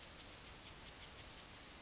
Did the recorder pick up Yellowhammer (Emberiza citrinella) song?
no